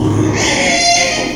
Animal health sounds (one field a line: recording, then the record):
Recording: squeal of a Yucatan mini pig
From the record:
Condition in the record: before surgery on the right vocal fold (resection and tissue-engineered implant)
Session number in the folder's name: 2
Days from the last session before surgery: 0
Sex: male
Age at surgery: 12 weeks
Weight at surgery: 13 kg